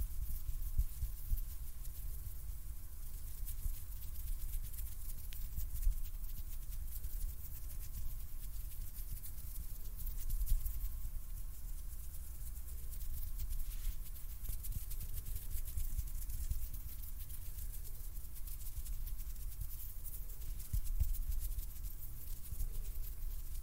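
Hand sounds: a steady, dense rustling and rubbing that runs for the whole stretch, with a constant low rumble underneath and a thin, faint hum. Small sharp clicks and scrapes break through now and then, and the level stays mostly even throughout.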